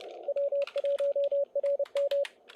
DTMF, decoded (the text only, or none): none